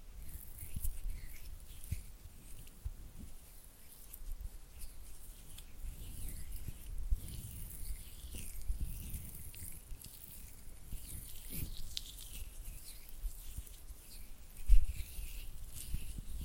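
Oily hand and fluttering finger sounds: soft wet patting and rubbing with a low thumping rumble underneath and a thin, bright crackly hiss above. The texture stays busy and uneven throughout, with a sharper knock near fourteen seconds.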